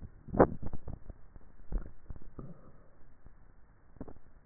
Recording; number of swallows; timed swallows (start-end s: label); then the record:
swallowing sounds by neck microphone; 1
1.72-2.52 s: swallow
From the record:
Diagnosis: dysphagia